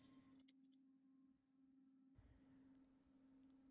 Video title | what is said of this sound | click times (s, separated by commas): Inserting and Removing RAM on Desktops and Laptops | So, for desktops, you want to undo each of these clips. | 0.5 s